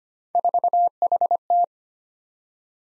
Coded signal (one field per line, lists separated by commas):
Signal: Morse code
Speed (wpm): 25 wpm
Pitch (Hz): 700 Hz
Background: none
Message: 4HT